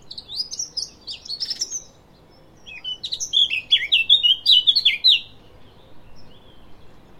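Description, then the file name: Eurasian blackcap song: two warbled phrases, the first short and chattering, the second longer, with rapid notes swinging up and down in a lively scratchy-fluty run. "Sylvia atricapilla"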